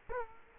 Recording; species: mosquito wingbeat signal from an infrared sensor; Culex quinquefasciatus